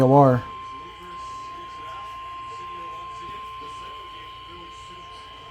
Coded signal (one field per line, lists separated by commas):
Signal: Emergency Alert System (SAME) tones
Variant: 1050 Hz attention tone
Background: speech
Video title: Pure Mayhem 8: A Little bit Of Everything. | EAS Alerts from 3/30-4/6/25 | EAS#1,799-1,937